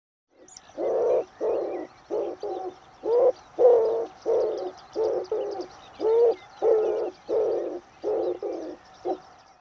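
Bird giving low, hoarse cooing notes in uneven runs of short blocks, with faint high chirps behind.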